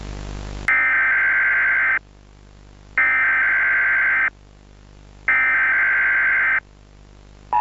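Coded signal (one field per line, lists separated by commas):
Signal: Emergency Alert System (SAME) tones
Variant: header bursts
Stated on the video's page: Fictional EAS scenario.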